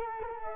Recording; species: mosquito wingbeat signal from an infrared sensor; Culex quinquefasciatus